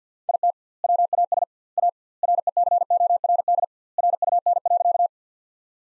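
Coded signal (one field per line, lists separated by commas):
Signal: Morse code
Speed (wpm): 50 wpm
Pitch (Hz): 700 Hz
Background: none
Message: IT WAS A RECORD RUN.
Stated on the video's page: Morse practice of sentences built from the top 500 words at 50 wpm with double word spacing, a word-level analogue of Farnsworth spacing.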